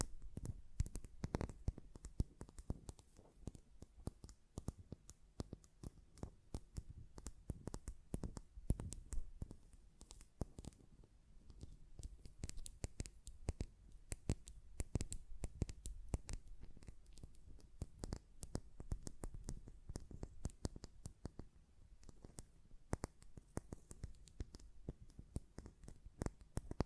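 Glass perfume bottle tapping and lid sounds: dense, irregular sharp clicks and taps throughout, with brief pauses and no steady background.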